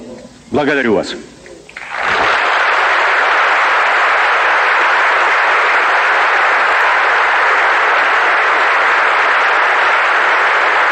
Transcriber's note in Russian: Аплодисменты